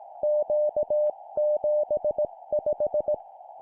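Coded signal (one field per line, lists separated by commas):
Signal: Morse code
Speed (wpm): 18 wpm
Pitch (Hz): 600 Hz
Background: none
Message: Q75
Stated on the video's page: Morse drill at 17 wpm of three-character groups: letter, number, number.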